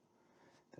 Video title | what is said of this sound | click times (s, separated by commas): Shouldn't it be easy to replace shifter boots? - David Brown 990 #29 | that just popped into place | 0.7 s